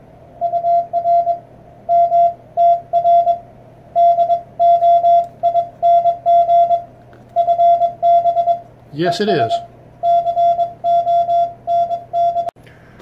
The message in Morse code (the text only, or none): UR MTR DOING FB ES CONN